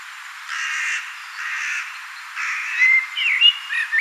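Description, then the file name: Common blackbird with three harsh, rasping bursts, then a clear whistled fluty phrase with bending notes at the close. "Turdus merula"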